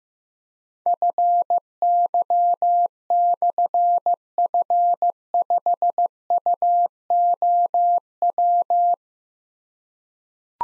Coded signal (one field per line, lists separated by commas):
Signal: Morse code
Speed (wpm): 15 wpm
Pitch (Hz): 700 Hz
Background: none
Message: FY/F5UOW